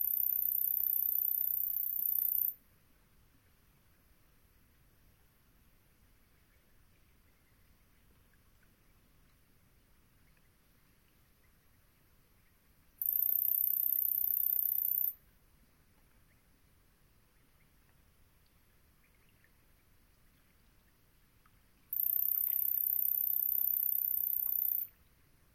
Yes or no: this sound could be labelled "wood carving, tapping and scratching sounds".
no